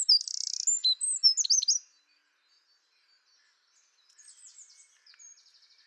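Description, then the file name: Eurasian wren song, a fast burst of high twittering notes and a buzzy rattle lasting two seconds, followed by silence and then a fainter second song. "Troglodytes troglodytes"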